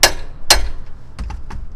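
A Siberian polyurethane lower control arm bushing on a Honda Element is pressed into the metal arm with a press tool, with two loud, sharp hits at 0.0 and 0.5 s as it goes home. A few much fainter ticks follow around 1.2, 1.3 and 1.5 s, and the bushing ends up seated and installed.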